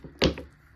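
A moving part of a Libra stand mixer, the head or the bowl, is locked into the mixer body during unboxing. A sharp click is heard at 0.2 s, followed by a quieter second click at 0.4 s. The part locks into place.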